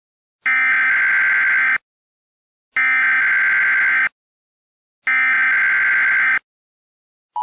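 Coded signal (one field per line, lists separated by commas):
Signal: Emergency Alert System (SAME) tones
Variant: header bursts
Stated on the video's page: Fictional EAS scenario set in Minecraft; simulated alert, not a real activation.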